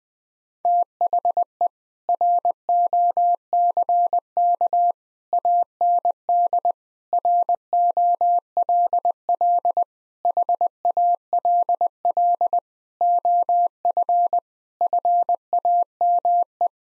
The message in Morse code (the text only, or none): THE ROCK AND ROLL HALL OF FAME